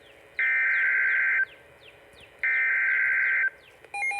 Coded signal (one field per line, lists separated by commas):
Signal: Emergency Alert System (SAME) tones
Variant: header bursts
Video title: EAS #624 NOAA Weather Radio (WR-300) PHI Severe Thunderstorm Warning Tax Day 2023 4:56 PM EDT